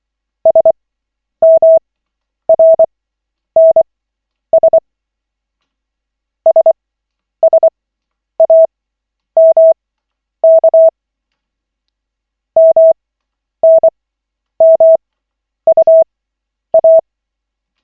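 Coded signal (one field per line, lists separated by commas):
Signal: Morse code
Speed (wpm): 25 wpm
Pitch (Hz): 650 Hz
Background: none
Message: SMRNS SSAMK MNMUA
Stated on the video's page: Koch method CW practice session at lesson 7 of 40, using LCWO.net.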